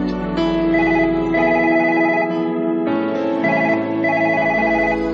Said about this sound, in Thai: เสียงโทรศัพท์ดังขึ้นปลุกฉันให้ตื่นขึ้นจากความคิดโดยฉับพลัน